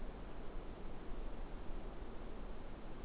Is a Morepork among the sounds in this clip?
no